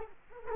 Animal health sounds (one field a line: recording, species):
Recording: mosquito wingbeat signal from an infrared sensor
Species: Culex quinquefasciatus